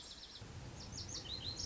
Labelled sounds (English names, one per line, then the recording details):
Lazuli Bunting
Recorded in Sonoma County, California